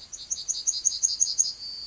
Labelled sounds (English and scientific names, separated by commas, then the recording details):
Yellowhammer (Emberiza citrinella) song
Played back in forest
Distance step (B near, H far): D
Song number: 140